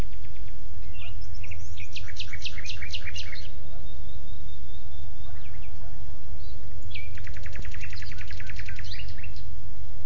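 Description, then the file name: Common nightingale phrases: a burst of rapid sharp notes, a long thin whistle, then a fast rattling trill, with steady low humming noise. "Luscinia megarhynchos"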